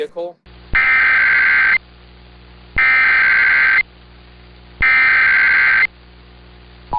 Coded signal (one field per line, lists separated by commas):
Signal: Emergency Alert System (SAME) tones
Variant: header bursts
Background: speech